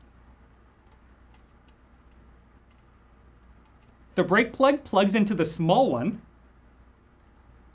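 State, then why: Not seated. The motor and brake cable connectors on a BLVD Urbn+ electric scooter are picked up and lined up before being pressed together during a rear wheel and hub-motor replacement. The background is quiet except for faint low hum, and someone talks from about 4.2 to 6.2 seconds. Nothing has clicked or seated yet.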